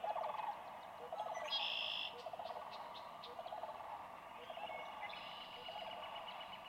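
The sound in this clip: Sandhill crane rattles, rolling and pulsed, run on quietly beneath a brief higher buzzy call from another bird.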